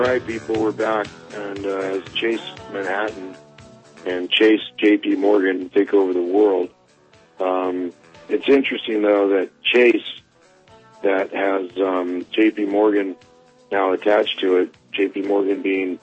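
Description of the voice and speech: Clear, fluent low-pitched adult male voice speaking in a radio broadcast, with brief natural pauses.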